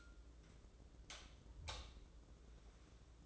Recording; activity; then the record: daily activity, microphone in the room; light off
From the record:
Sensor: 3